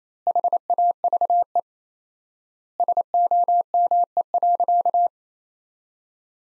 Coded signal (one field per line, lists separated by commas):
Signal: Morse code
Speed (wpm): 27 wpm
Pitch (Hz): 700 Hz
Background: none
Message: HAVE SOME.